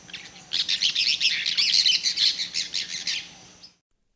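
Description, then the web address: Cobalt-winged parakeet calls: shrill, high-pitched chattering of rapid squeaky notes, running for about three seconds before stopping. Eastern lowlands of South America. "Natures Songs S America Eastern Lowlands. Cobalt-winged Parakeet"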